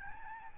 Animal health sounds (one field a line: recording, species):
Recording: mosquito wingbeat signal from an infrared sensor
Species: Aedes albopictus